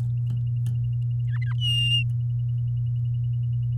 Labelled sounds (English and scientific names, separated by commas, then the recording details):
Domestic Canary (Serinus canaria) song
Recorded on 8 May 2018 at 09:19
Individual llb16